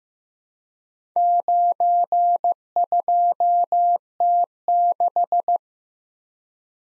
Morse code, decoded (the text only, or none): 92T6